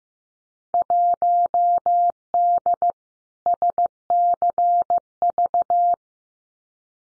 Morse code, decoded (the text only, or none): 1D SCV